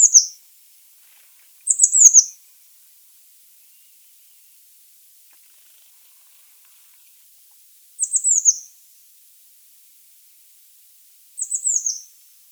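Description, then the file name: Eurasian blue tit calls: quick high descending see-see notes in brief bursts, repeated at irregular intervals with quiet gaps. "Cyanistes caeruleus"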